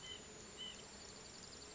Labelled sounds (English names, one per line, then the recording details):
White-breasted Nuthatch
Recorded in Sonoma County, California